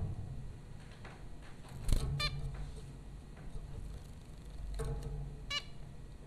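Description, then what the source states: Zebra finch calls: two clearer nasal calls and a few fainter notes over a low background hum. Zebra finches recorded by Dan Bodah at Popcorn School, Flatbush, Brooklyn, New York, USA, April 15, 2009.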